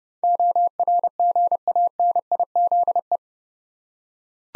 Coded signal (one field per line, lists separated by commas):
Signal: Morse code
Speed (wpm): 28 wpm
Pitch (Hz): 700 Hz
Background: none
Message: ORGANIZE